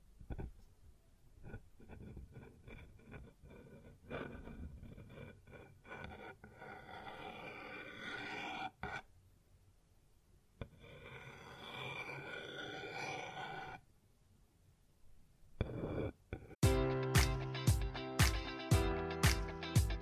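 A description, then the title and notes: Sounds on a wooden surface: scattered knocks and scrapes with rubbing, rustling passages through the first sixteen seconds, some sharp taps standing out. Near the end the sound changes to a loud, regular series of bright ringing strikes, about twice per second. ASMR Sounds on Wooden Surface (No Talking).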